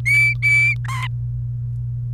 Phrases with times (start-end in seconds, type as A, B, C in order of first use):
0.06-0.74 A, 0.84-1.07 B